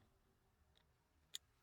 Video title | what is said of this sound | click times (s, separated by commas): How to Upgrade Paddle Shifters & Steering Wheel on a 2017+ Audi R8 – Step-by-Step Guide! | You'll hear it click. | 1.4 s